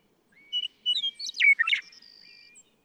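Western meadowlark song: a few clear whistled notes leading into a quick, gurgling, tumbling warble, with a thin high whistle trailing afterward in a quiet background.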